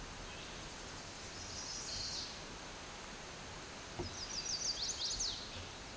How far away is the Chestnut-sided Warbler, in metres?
about 35 m